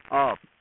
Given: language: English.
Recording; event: throat vibration sensor signal played as sound; speech